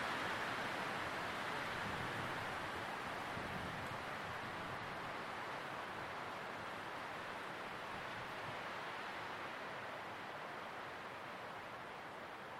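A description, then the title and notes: Trees rustle in a steady, dense wash of wind through leaves, fairly bright and even throughout, with no distinct events standing out. The sound of rustling trees. The gentle rustling of the trees.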